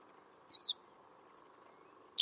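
Bird giving two brief high chirps, a short downslurred note followed later by a sharp single note, over a faint steady hum.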